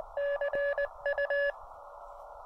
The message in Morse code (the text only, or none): CU